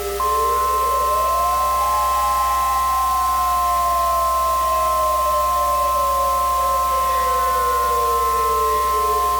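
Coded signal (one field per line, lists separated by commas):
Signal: Emergency Alert System (SAME) tones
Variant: 1050 Hz attention tone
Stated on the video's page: Fictional scenario of a Florida power plant meltdown; tones are likely valid.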